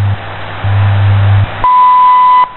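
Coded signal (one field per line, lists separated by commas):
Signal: radio time signal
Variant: WWV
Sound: low hum pulses, then a clear 1 kHz tone lasting under a second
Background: radio static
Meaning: The long 1 kHz tone marks the start of a new minute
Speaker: at the tone 0 hours 30 minutes coordinated universal time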